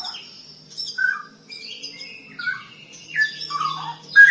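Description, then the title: Long-tailed shrike singing a soft medley of whistled and slurred notes, high thin tones mixed with lower chirps, with a faint low hum beneath. "Kicau Burung Pentet"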